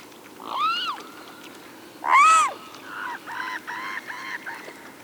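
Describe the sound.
Bird, two rising-falling honks followed by a string of shorter, evenly spaced nasal notes.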